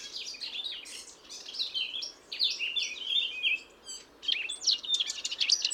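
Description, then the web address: Eurasian blackcap singing a fast, jumbled warble of bright slurred notes in a few bursts, with steady low background noise. "SETE Sylvia atricapilla"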